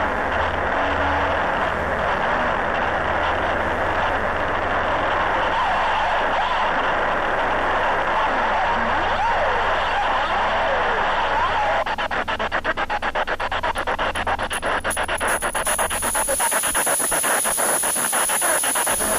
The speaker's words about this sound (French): Ça crisse les pneus, hein.